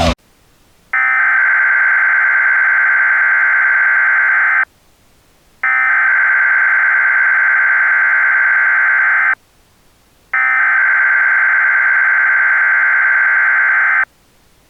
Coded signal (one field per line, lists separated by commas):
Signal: Emergency Alert System (SAME) tones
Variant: header bursts